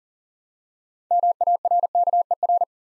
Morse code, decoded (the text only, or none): MARKER